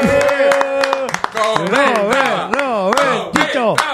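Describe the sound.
Applause and cheering: sharp, irregular claps run throughout while voices whoop and cheer with rising and falling pitch, loud and lively for the whole stretch.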